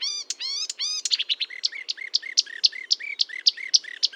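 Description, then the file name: Marsh warbler song starting with three drawn-out nasal notes, followed by a quick, even series of paired chirps. Recorded at Fontaine-Française (Fourneau), France, on 1 June 2022 at 10:55, using a Nagra recorder with a Telinga parabolic microphone. "Rousserolle verderolle 20220601 1055 Fontaine-Francaise-Fourneau-Nagra-Telinga"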